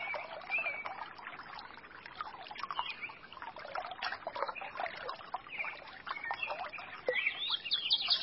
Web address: sonido de un manantial balbuceante y canto de pajaros